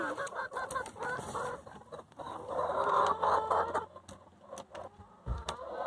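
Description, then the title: Chickens clucking in a busy chorus, with overlapping clucks and cackles and some background noise. Chickens in their coop. "In the chicken coop - A csirkeólban"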